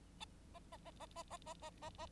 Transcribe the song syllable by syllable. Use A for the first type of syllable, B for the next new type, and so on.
A A A A A A A A A A